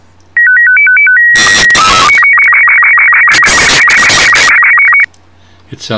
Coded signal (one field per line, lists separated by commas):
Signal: SSTV (slow-scan television)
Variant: Robot 36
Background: speech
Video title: 03 SSTV Part 3 Finding images, preparing them for SSTV